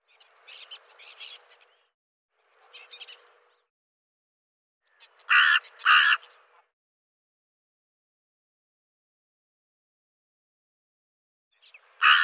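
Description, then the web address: Bird giving harsh, raspy caws: a few softer calls early on, then two loud caws close together, and another starting at the very end, with silence between. "cianscape birddata Deverinetal 2025"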